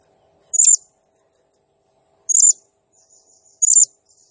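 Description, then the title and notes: Blue-crowned hanging parrot calls: three sharp, high-pitched squeaky notes with long gaps between them. Singing energetically (gacor, nembak style); recording used as masteran (training sound) and lure for birds, said to stir up all birds. "Burung Serindit Nembak Gacor Bikin Emosi Semua Burung. Suara Nasteran Dan Pemikat Burung Serinditan Gacor"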